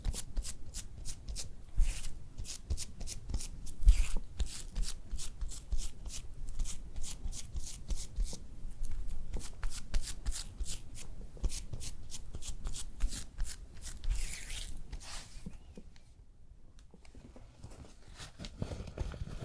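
Spa facial sounds made of layered crisp taps and soft rustling, with quick irregular clicks coming in dense bursts through most of the clip. After about fifteen seconds the tapping thins out, leaving a quieter low brushing and rubbing that swells again at the end.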